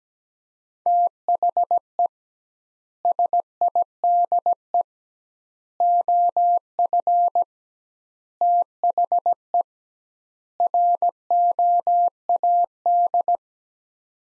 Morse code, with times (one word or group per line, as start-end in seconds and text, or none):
0.9-2.1 THE
3.1-4.8 SIDE
5.8-7.4 OF
8.4-9.6 THE
10.6-13.4 ROAD